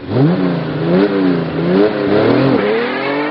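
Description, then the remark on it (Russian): A car engine revs repeatedly as robbers flee in an accomplice's car, its pitch rising and falling in several loud surges as the vehicle pulls away, with no voices present. “Мы забаррикадировали дверь туалетной комнаты несколькими тяжелыми шкафами и смылись на машине напарника.”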